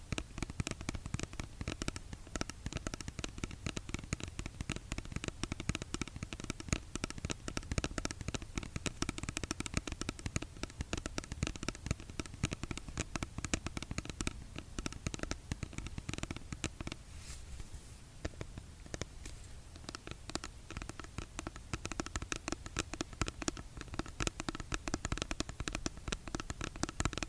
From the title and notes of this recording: Skincare product tapping. Blue yeti microphone.